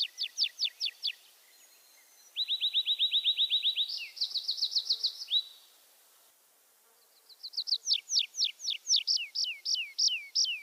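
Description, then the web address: Tree pipit song, high trilled phrases of rapid repeated notes, one series of descending slurs, then a faster trill, a pause and a final run of falling notes. "mini musorok bioakusztika erdeipityer"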